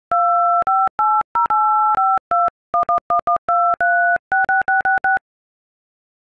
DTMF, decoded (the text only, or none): 2580852111123666